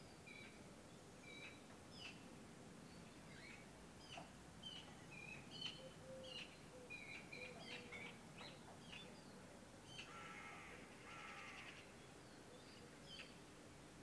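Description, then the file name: Eurasian magpie harsh rasping chatter in a burst near the end, after scattered short whistled notes and clicks over a steady background hiss. "Pica pica"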